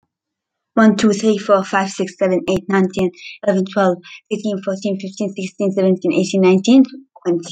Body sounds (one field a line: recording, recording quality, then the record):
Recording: counting at a fast pace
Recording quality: excellent, no background noise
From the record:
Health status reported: healthy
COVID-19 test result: not tested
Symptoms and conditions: none ticked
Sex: female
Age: 28 years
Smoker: not ticked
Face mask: not worn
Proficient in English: yes